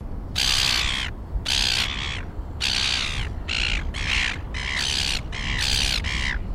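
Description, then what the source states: Silver gull calls: a sequence of harsh, raspy squawks, some doubled, with a steady low background rumble throughout. Australian bird; a call sequence.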